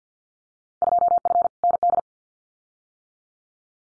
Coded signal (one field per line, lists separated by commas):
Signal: Morse code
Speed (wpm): 50 wpm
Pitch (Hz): 700 Hz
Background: none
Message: 2F ND